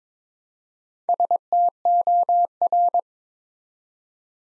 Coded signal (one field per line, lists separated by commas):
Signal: Morse code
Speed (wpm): 22 wpm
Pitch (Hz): 700 Hz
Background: none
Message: STOR